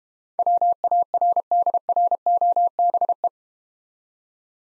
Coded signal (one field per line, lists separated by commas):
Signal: Morse code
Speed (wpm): 31 wpm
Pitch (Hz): 700 Hz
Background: none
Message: WARDROBE